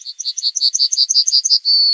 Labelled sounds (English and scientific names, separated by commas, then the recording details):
Yellowhammer (Emberiza citrinella) song
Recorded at under 5 m from the bird
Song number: 134